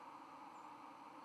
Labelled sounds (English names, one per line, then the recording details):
White-throated Sparrow flight call
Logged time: 01:40 on 31 October 2014